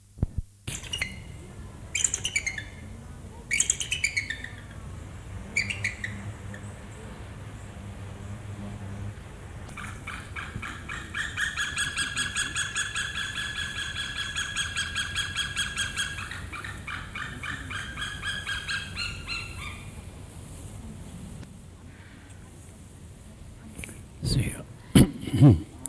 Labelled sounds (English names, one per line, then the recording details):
White-tailed Eagle call
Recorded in captivity
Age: adult
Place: Tierpark Berlin, Berlin, DE
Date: 2008-08-26 14:53
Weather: bedeckt, ca. 22°C
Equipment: Sony WM-D6C, Sennheiser ME 80, Kopie Uher 4000 Report Monitor
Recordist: Tembrock, Günter